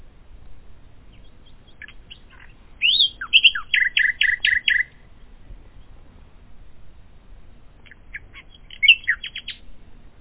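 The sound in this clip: Common nightingale song: a phrase of whistled notes flows into a fast series of loud repeated chirps, then a silence before a second, shorter phrase with rapid stuttering notes.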